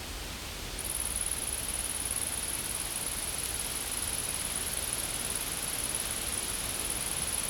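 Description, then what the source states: Insect call begins just after the start as a sustained, very high, shrill trill that carries on steadily to the end. Insects recorded in a field.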